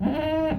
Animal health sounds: contact call of a hoofed animal; goat; low-frequency (closed-mouth) or high-frequency (open-mouth) call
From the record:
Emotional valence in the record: negative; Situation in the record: food frustration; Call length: 0.59 s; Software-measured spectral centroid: 1240 Hz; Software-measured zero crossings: 1030 a second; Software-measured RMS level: -24 dBFS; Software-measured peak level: -13 dBFS

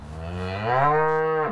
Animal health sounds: contact call of a hoofed animal; cattle; low-frequency (closed-mouth) or high-frequency (open-mouth) call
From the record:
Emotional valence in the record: negative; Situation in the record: full separation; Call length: 1.52 s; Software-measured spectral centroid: 1290 Hz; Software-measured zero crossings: 1340 a second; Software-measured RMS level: -23 dBFS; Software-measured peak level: -8 dBFS

